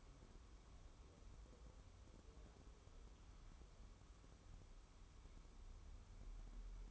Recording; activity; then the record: daily activity, microphone in the room; wipe stove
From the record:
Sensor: 1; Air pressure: 1015.1 hPa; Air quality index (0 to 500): 41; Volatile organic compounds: 1 ppm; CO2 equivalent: 595 ppm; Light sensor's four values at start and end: 13/32/13/14 and 13/32/13/14